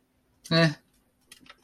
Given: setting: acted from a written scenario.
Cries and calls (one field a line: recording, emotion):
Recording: vocal sound without words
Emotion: neutral